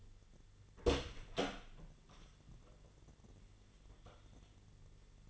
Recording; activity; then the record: daily activity, microphone in the room; open door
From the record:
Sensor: 4